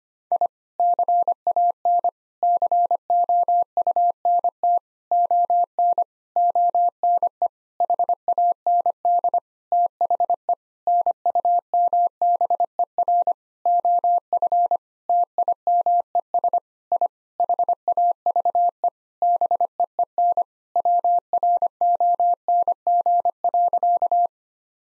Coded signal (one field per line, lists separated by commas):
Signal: Morse code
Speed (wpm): 25 wpm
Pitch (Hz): 700 Hz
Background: none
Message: I CAN COUNT ON ONE HAND THE NUMBER OF TIMES I HAVE BEEN WRONG.